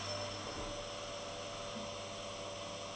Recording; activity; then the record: daily activity, microphone in the room; vacuum cleaning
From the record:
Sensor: 4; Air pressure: 989.5 hPa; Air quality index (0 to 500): 216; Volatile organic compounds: 67 ppm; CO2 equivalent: 3493 ppm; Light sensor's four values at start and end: 26/90/33/35 and 26/90/33/35